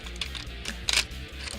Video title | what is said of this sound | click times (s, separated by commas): Paralax TFX 07 Armor Review March 5 2018 | place here respite dan satisfying click | 0.9 s